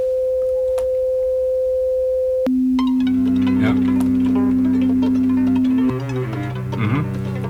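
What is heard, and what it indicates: A steady pure tone, mid-pitched, holds for about two and a half seconds. It then jumps to a lower, fuller tone with other layered tones underneath. These are audiometer test tones used for tinnitus pitch matching, compared against the patient's own ear noise.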